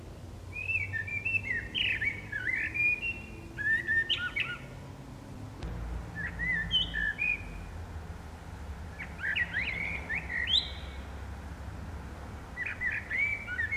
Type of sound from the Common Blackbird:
song